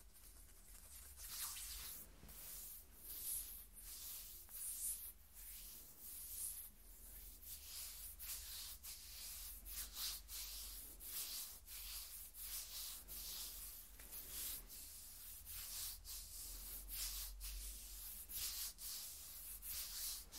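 Skin scratching made of quick, raspy strokes, each a bright scratchy burst, repeating irregularly about two or three times a second for the whole twenty seconds. The rubbing stays dense and fairly even in loudness. A low steady hum sits underneath throughout.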